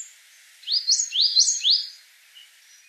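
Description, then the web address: Coal tit singing one brisk phrase of five or six high, sharply rising whistled notes in quick succession against a quiet background. "Голоса птиц Московка"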